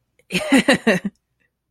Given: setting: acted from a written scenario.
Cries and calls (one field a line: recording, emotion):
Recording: vocal sound without words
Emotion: triumph